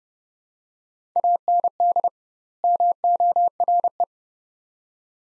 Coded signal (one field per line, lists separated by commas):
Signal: Morse code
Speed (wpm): 29 wpm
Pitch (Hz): 700 Hz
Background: none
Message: AND MORE